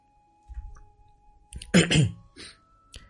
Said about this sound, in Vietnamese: Mình không thể đọc được nữa, nó bị ho quá, anh em thông cảm.